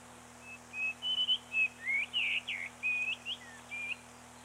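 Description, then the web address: Bird song of clear whistled notes between mid and high pitch, some rising or slurred, delivered in a quick uneven series over a steady low hum. "birdsong 25 05 94 gularis 18 XII"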